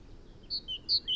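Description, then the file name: Great tit giving two short high-then-lower note pairs, sharp and clipped, against faint background hiss. "Parus major"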